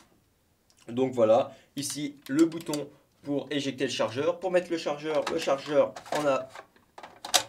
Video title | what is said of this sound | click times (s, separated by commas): Review M14 ASG [FR] | a avant ça se clipse tout seul pour le retirer voilà | 7.4 s